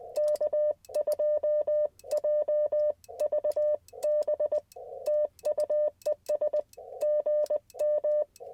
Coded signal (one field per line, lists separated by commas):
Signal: Morse code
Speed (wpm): 20 wpm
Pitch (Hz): 600 Hz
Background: none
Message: K2JVB TU ES GM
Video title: Morning Morse Code - 2/19/24